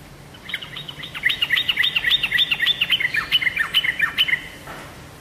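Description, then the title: Oriental magpie-robin singing a rapid sequence of sharp chirped notes and quick slurs, several a second, stopping near the end. "Kicau Kacer"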